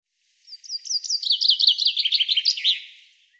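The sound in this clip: Bird delivering a rapid, high-pitched chirping trill of many quick notes, lively and slightly falling, in otherwise quiet surroundings.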